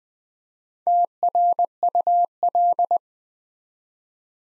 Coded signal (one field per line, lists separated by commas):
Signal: Morse code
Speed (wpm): 20 wpm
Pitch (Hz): 700 Hz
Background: none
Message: TRUL